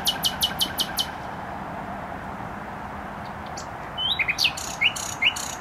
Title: Bródno-Podgrodzie, Warszawa, Polska - Trasa Toruńska Nightingale